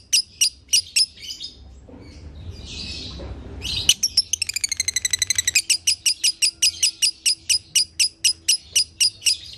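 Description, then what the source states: Lovebird chirps and a soft rustling noise, then a fast buzzy trill followed by a quick run of sharp repeated chirps. Used as a masteran (tutor recording) to make lovebirds sing konslet.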